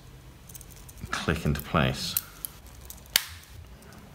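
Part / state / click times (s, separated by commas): rotating bezel onto a wristwatch case / seated / 3.2 s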